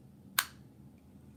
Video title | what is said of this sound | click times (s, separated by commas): REWIND of 11/15 8PM PST AUCTION | does snap shut you can hear it | 0.4 s